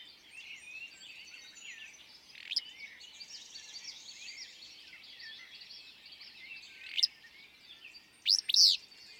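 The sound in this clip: Willow flycatcher song, a brisk buzzy phrase near the end preceded by two brief high notes, against a steady wash of bird chatter.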